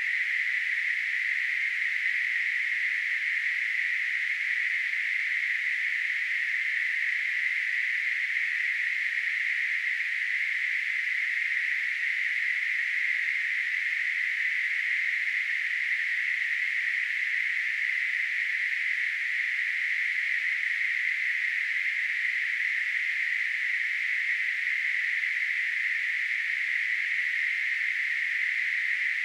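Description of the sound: A steady, unbroken hiss fills all 29 seconds, a narrow band of noise centred near 2 kHz with no pulsing or change. It is a simulation of tinnitus, imitating the constant hissing or ringing some people hear in their ears.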